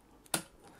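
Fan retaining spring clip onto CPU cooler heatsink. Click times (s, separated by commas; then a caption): 0.3 s. A metal fan retaining spring clip is stretched behind a CPU cooler heatsink to hold the fan on. After a faint tick, it snaps into place with one sharp, bright click at 0.3 s that fades out quickly. The clip locks in, holding the fan on the heatsink.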